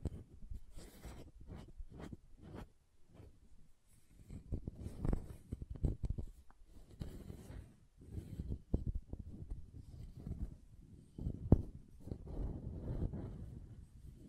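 Soap is tapped and carved in a busy run of short, dull knocks and scraping strokes, mostly low and soft with occasional crisp clicks reaching higher. Quick regular taps open the clip, then denser scraping follows, with a sharper click near eleven seconds.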